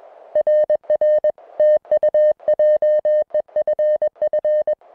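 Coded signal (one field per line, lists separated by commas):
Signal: Morse code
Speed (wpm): 21 wpm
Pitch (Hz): 590 Hz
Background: music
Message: RR TU JEFF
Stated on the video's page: Unedited CW contact audio from a Summits on the Air QRP activation of a mountain summit.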